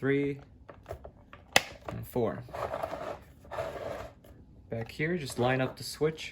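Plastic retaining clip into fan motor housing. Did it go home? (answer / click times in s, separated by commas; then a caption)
yes / 1.6 s. On a 1996 Super 12" oscillating fan, the third plastic retaining clip is pushed into the fan motor housing and snaps home with a sharp click at 1.6 s, after softer taps and handling sounds. Someone talks before and after, and the clip is seated.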